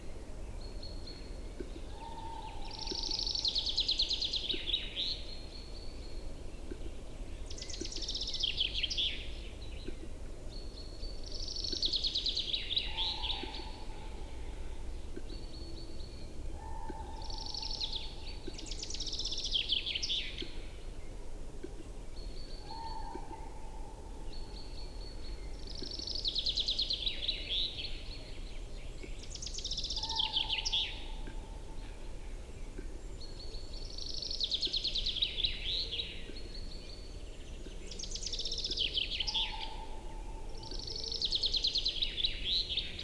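A displaying capercaillie cock in the spring forest repeats his song about every four seconds: short ticking notes leading into a bright, rushing scrape. Between phrases a faint, even whistle comes and goes over a steady low hiss.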